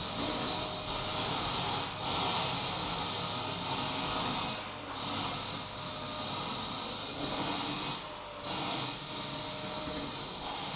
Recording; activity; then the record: daily activity, microphone in the room; vacuum cleaning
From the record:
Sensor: 1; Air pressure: 991.8 hPa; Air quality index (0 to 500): 184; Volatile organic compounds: 1000 ppm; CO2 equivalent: 7039 ppm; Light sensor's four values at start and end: 28/97/37/38 and 28/99/38/38